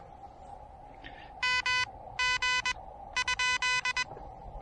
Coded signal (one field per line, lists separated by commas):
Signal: Morse code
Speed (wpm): 21 wpm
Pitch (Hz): 2000 Hz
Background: none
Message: M G ?